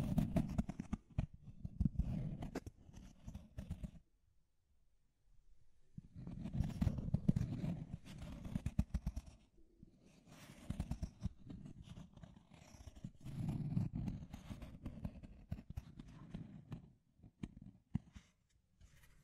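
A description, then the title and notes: Deep scratching comes in rough, dense bursts of low rasping strokes, broken by a quiet pause around four to six seconds and fading toward the end. Deep Scratching. (No Talking).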